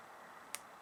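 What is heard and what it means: A snap fastener's back piece is pushed onto the snap cap through the fabric and snaps on at 0.5 seconds with a sharp, bright click. A fainter tick follows at about 0.9 seconds. The piece has snapped on but is only partly done, since it still has to be set in a press.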